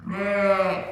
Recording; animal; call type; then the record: contact call of a hoofed animal; sheep; low-frequency (closed-mouth) or high-frequency (open-mouth) call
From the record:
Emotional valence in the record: negative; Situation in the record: short social isolation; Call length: 0.92 s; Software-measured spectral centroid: 1620 Hz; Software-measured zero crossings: 1690 a second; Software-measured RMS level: -23 dBFS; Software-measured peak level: -10 dBFS